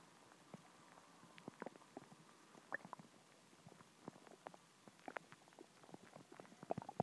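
Tummy sounds from an adult abdomen: frequent, irregular short gurgles and clicks over a quiet background.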